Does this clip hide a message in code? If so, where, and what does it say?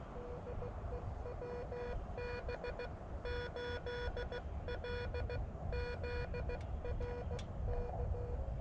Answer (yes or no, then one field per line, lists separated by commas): yes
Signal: Morse code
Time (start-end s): 0.2-8.4 s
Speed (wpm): 15 wpm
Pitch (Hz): 490 Hz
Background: none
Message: DE WB8LZR K